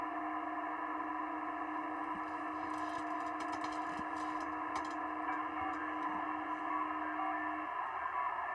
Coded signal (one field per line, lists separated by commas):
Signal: PSK31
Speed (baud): 31.25 baud